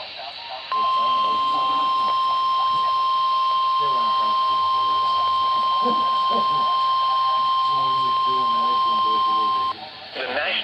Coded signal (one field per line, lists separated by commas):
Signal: Emergency Alert System (SAME) tones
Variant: 1050 Hz attention tone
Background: speech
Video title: Multiple Storms:Part 3|EAS 1282-1316|EAS Alerts from June 26th-27th 2024